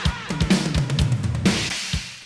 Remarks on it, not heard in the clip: I still got this dreadful cough after having had COVID.